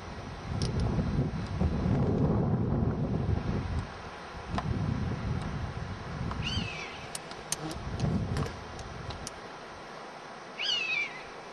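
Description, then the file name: European honey buzzard calls, two thin falling whistles, heard through gusty low wind noise with a few faint clicks and ticks. Anger calls, recorded in Hexhamshire on 10 July 2006. "hb hexhamshire 10 july 2006 anger calls"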